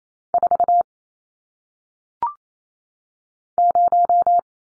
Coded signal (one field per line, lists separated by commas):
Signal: Morse code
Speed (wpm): 28 wpm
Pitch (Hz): 700 Hz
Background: none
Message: 4 0